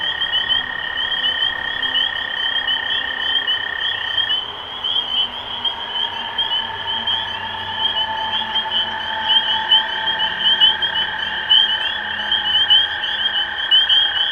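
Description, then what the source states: Spring peeper chorus, high piping peeps crowding together continuously, accompanied by long steady lower tones that come and go. Recorded 23 March 2012.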